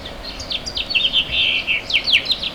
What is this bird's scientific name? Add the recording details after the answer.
Haemorhous mexicanus. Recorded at Babylon on Long Island, New York, on 18 May 2013. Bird A